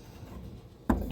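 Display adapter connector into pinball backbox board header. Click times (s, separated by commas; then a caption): 0.9 s. A plastic adapter connector for a Boston Pinball Co. LED score display kit is pushed in between the display and its board header in the backbox of a 1979 Gottlieb System 1 pinball machine. After about a second of quiet rubbing and handling noise, a sharp click lands at 0.9 s. The connector snaps in and seats.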